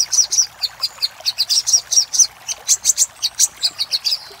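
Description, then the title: Little spiderhunter song: rapid, high, sharp chipping notes in quick bursts, pausing briefly between runs, with no other clear sounds. Master song used for training cage birds, labelled 'Labaik'. "Masteran Burung Sogok Ontong Labaik"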